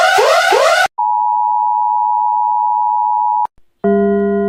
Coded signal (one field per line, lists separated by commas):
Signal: Emergency Alert System (SAME) tones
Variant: 853 and 960 Hz attention tone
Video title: Every EAS Alarm From Around The World (3)